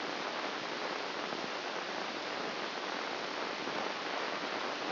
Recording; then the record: brain microelectrode recording played as sound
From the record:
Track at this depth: outside the subthalamic nucleus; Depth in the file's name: 0.806 mm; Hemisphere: right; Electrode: 2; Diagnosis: Parkinson's disease